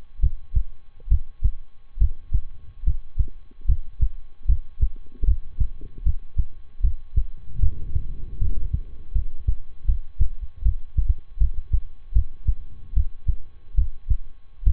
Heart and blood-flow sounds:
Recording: heart sounds by stethoscope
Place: between the tricuspid and mitral areas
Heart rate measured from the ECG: 75 bpm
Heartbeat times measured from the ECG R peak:
0.19 s: heartbeat
1.07 s: heartbeat
1.97 s: heartbeat
2.83 s: heartbeat
3.65 s: heartbeat
4.45 s: heartbeat
5.24 s: heartbeat
6.02 s: heartbeat
6.80 s: heartbeat
7.59 s: heartbeat
8.38 s: heartbeat
9.12 s: heartbeat
9.85 s: heartbeat
10.62 s: heartbeat
11.37 s: heartbeat
12.12 s: heartbeat
12.93 s: heartbeat
13.74 s: heartbeat
14.63 s: heartbeat
From the record:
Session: rest, lying down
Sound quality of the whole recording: good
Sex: male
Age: 23 years

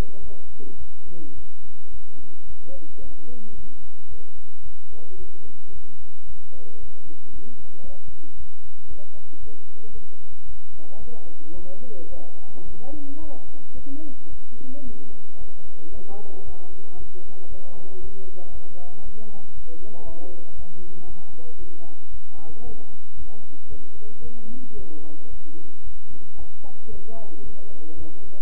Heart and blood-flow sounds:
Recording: heart sounds by stethoscope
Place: between the tricuspid and mitral areas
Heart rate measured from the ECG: 112 bpm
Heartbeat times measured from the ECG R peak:
0.21 s: heartbeat
0.78 s: heartbeat
1.35 s: heartbeat
1.91 s: heartbeat
2.47 s: heartbeat
3.01 s: heartbeat
3.55 s: heartbeat
4.09 s: heartbeat
4.63 s: heartbeat
5.17 s: heartbeat
5.72 s: heartbeat
6.26 s: heartbeat
6.80 s: heartbeat
7.33 s: heartbeat
7.85 s: heartbeat
8.37 s: heartbeat
8.88 s: heartbeat
9.40 s: heartbeat
9.92 s: heartbeat
10.46 s: heartbeat
11.00 s: heartbeat
11.54 s: heartbeat
12.09 s: heartbeat
12.65 s: heartbeat
13.20 s: heartbeat
13.75 s: heartbeat
14.30 s: heartbeat
14.84 s: heartbeat
15.38 s: heartbeat
15.92 s: heartbeat
16.45 s: heartbeat
16.97 s: heartbeat
17.49 s: heartbeat
18.01 s: heartbeat
18.52 s: heartbeat
19.03 s: heartbeat
19.55 s: heartbeat
20.06 s: heartbeat
20.56 s: heartbeat
21.07 s: heartbeat
21.58 s: heartbeat
22.11 s: heartbeat
22.64 s: heartbeat
23.17 s: heartbeat
23.69 s: heartbeat
24.22 s: heartbeat
24.76 s: heartbeat
25.30 s: heartbeat
25.84 s: heartbeat
26.37 s: heartbeat
26.90 s: heartbeat
27.44 s: heartbeat
27.97 s: heartbeat
From the record:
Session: bicycle stress test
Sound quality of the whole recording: good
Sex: male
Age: 23 years

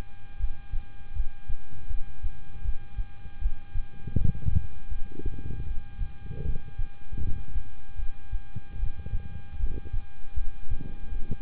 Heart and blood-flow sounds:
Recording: heart sounds by stethoscope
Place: between the tricuspid and mitral areas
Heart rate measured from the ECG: 78 bpm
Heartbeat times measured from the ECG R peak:
0.37 s: heartbeat
1.13 s: heartbeat
1.88 s: heartbeat
2.62 s: heartbeat
3.39 s: heartbeat
4.15 s: heartbeat
4.89 s: heartbeat
5.64 s: heartbeat
6.43 s: heartbeat
7.19 s: heartbeat
7.96 s: heartbeat
8.76 s: heartbeat
9.57 s: heartbeat
10.34 s: heartbeat
11.09 s: heartbeat
From the record:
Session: rest, lying down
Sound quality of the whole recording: good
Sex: male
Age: 26 years

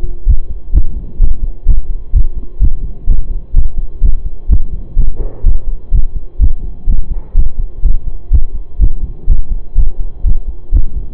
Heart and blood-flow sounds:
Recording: heart sounds by stethoscope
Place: between the tricuspid and mitral areas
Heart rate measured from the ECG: 126 bpm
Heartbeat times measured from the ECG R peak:
0.27 s: heartbeat
0.74 s: heartbeat
1.20 s: heartbeat
1.67 s: heartbeat
2.14 s: heartbeat
2.61 s: heartbeat
3.08 s: heartbeat
3.55 s: heartbeat
4.02 s: heartbeat
4.49 s: heartbeat
4.97 s: heartbeat
5.44 s: heartbeat
5.92 s: heartbeat
6.40 s: heartbeat
6.88 s: heartbeat
7.35 s: heartbeat
7.83 s: heartbeat
8.31 s: heartbeat
8.80 s: heartbeat
9.28 s: heartbeat
9.76 s: heartbeat
10.24 s: heartbeat
10.73 s: heartbeat
From the record:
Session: pedaling a stationary bicycle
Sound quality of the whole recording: saturated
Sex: male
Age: 25 years

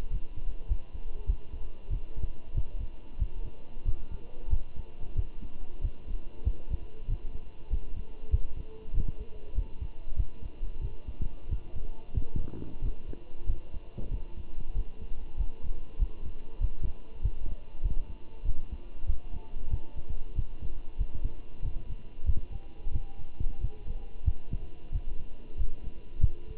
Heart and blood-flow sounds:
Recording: heart sounds by stethoscope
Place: between the tricuspid and mitral areas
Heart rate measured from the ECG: 94 bpm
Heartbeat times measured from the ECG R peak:
0.11 s: heartbeat
0.69 s: heartbeat
1.28 s: heartbeat
1.91 s: heartbeat
2.55 s: heartbeat
3.20 s: heartbeat
3.86 s: heartbeat
4.51 s: heartbeat
5.17 s: heartbeat
5.82 s: heartbeat
6.45 s: heartbeat
7.09 s: heartbeat
7.71 s: heartbeat
8.31 s: heartbeat
8.94 s: heartbeat
9.56 s: heartbeat
10.17 s: heartbeat
10.82 s: heartbeat
11.50 s: heartbeat
12.15 s: heartbeat
12.82 s: heartbeat
13.48 s: heartbeat
14.11 s: heartbeat
14.76 s: heartbeat
15.38 s: heartbeat
16.00 s: heartbeat
16.61 s: heartbeat
17.23 s: heartbeat
17.84 s: heartbeat
18.45 s: heartbeat
19.08 s: heartbeat
19.71 s: heartbeat
20.36 s: heartbeat
20.99 s: heartbeat
21.63 s: heartbeat
22.27 s: heartbeat
22.93 s: heartbeat
23.62 s: heartbeat
24.26 s: heartbeat
24.93 s: heartbeat
25.58 s: heartbeat
26.21 s: heartbeat
From the record:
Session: walking at 3.7 km/h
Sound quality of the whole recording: good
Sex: male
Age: 23 years

